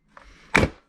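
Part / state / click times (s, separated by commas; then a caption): dart drum magazine from toy dart blaster / released / 0.6 s. A release catch is pressed and the plastic 40-round dart drum magazine is pulled out of a Dart Zone Magnum X2 toy dart blaster. A faint tick at 0.2 s is followed by a sharp, loud click at 0.6 s with a short rattling tail as the drum pops out easily and comes free of the blaster.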